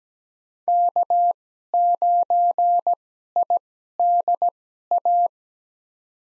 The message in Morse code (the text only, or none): K9IDA